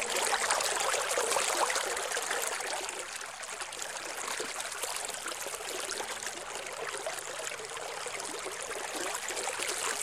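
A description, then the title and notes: Water runs steadily in a dense, bright trickle like a small stream, slightly louder in the first two seconds. Sound of water.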